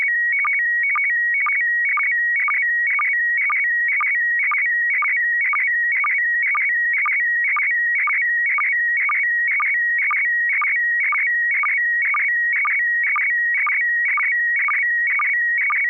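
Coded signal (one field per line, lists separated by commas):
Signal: SSTV (slow-scan television)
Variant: PD 120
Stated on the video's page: SSTV images exchanged on an amateur radio net via a 441.300 MHz FM repeater, sent with MMSSTV software.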